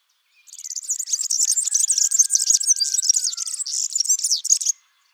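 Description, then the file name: European serin singing a rapid, glassy, buzzy jingle for about four seconds, with a faint lower drawn-out tone beneath it. Trilling song. "Serinus serinus. Trilar"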